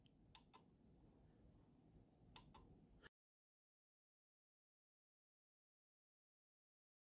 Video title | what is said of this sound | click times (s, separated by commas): Exercise 2 | so you can see they move around and if you listen you can hear it click | 0.4 s, 2.4 s